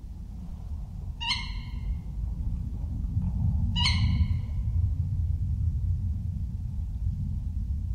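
Tawny owl's two sharp, harmonic calls about two and a half seconds apart, heard over heavy low rumbling background noise.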